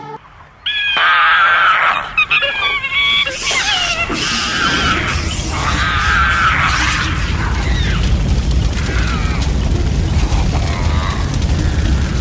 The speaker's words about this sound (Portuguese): Os animais só podem gritar. Você pode prevenir. Ajude a combater os incêndios florestais.